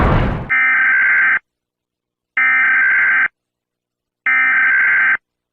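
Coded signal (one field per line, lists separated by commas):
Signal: Emergency Alert System (SAME) tones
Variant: header bursts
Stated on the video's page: Fictional EAS scenario crossover, simulated alert.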